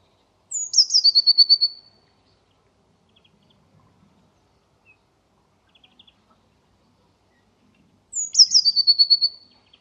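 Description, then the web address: Eurasian blue tit sings a high, thin phrase twice, several seconds apart; each slides down into a fast, even trill. "cianscape birddata Deverinetal 2025 File origin Bird Only Cy Ca"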